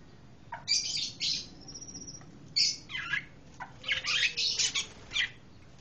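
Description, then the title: Pancawarna song: bursts of harsh, high chirps and squeaky notes in uneven clusters over a steady background hiss. Song praised for its strong 'tembakan' (bursting delivery). "Pancawarna mantab tembakane"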